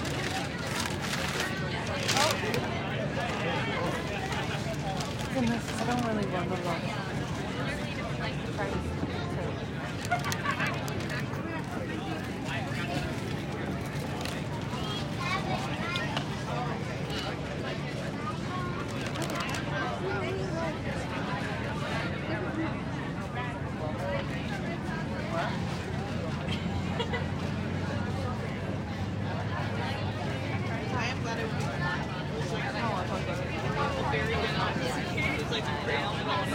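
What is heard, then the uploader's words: A busy outdoor farmers market on a Saturday morning, with many overlapping voices of people milling about, chatting and shopping. The crowd murmur stays steady throughout, with occasional clinks and knocks and a low rumble of traffic underneath. Saturday morning at the Uptown Farmers Market in Phoenix, Arizona. The sun was out, but not too warm. The breeze slightly blowing, just enough to cool the exposed skin on my arms and legs. You’ll hear lots of people mulling about, shopping and eating.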